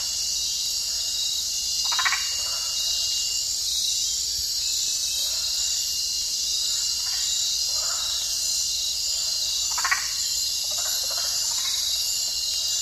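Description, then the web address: Yasuni treefrog calls: short rasping notes near two and ten seconds, with a few fainter notes between, over a steady high-pitched insect chorus throughout. Ecuadorian Amazon. "Natures Songs S America Frogs of Ecuadorian Amazon Osteocephalus yasuni"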